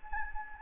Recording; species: mosquito wingbeat signal from an infrared sensor; Anopheles gambiae